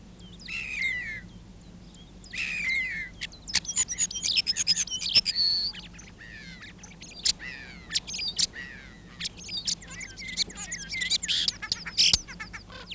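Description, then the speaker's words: Common Starling singing a long, varied run of drawn-out whistles, rattling clicks, wheezy notes and squeaky chatter, with short breaks between bursts. Chattering, very varied song; good mimic of other birds; recorded in Finland. "Kottaraisen laverteleva laulu on hyvin vaihtelevaa ja se on hyvä matkimaan muita lintuja."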